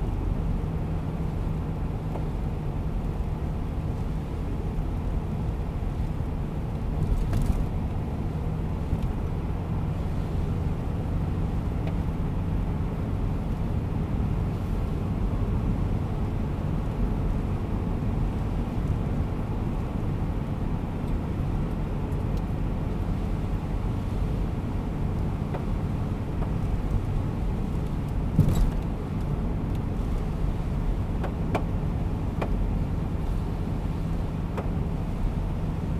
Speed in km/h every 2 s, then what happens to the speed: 88, 85, 83, 83, 86, 89, 90, 92, 93, 94, 93, 92, 93, 93, 91, 91, 90, 90.
0-6 steady at about 83. 6-18 speeds up to 94. 18-36 steady at about 92.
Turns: none.